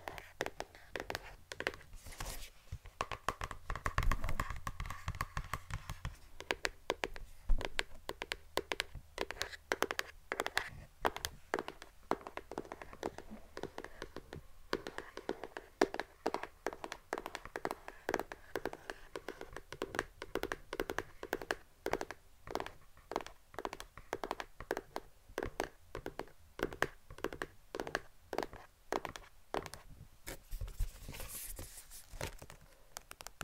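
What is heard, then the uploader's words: ASMR tapping: quick, crisp taps and clicks from fingertips, coming in dense irregular bursts with brief pauses throughout. Some taps ring slightly lower and hollow while others are sharp and bright, with faint scratching in between and a soft low hum underneath. ASMR Best Tapping.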